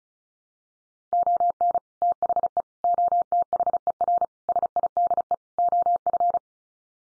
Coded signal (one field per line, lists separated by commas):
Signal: Morse code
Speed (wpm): 34 wpm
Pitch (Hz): 700 Hz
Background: none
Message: ON THE OTHER SIDE OF